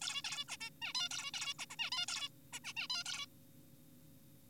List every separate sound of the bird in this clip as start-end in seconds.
0.02-0.22, 0.24-0.45, 0.49-0.56, 0.61-0.70, 0.82-0.93, 0.95-1.09, 1.11-1.31, 1.34-1.54, 1.59-1.66, 1.71-1.76, 1.79-1.90, 1.92-2.06, 2.08-2.29, 2.53-2.60, 2.65-2.73, 2.77-2.88, 2.90-3.04, 3.06-3.26